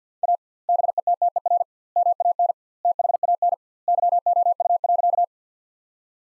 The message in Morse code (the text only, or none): A BETTER MAN THAN YOU.